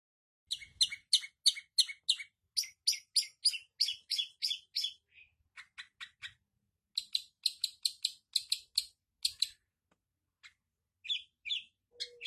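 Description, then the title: Long-tailed shrike song: rapid bursts of harsh, chattering high notes in runs broken by brief pauses, with a short low tone at the end. Combination song style. "Cendet Kombinasi"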